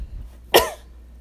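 One short, sharp cough from an adult woman, a single explosive burst lasting about a quarter second against a quiet room. It sounds dry and brief, with no wheeze or rattle following it, an isolated ordinary cough.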